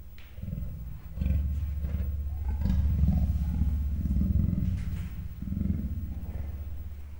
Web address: allathangok miskolcizoo 2009 standardt leopard himnosteny morgasfojtottkialtas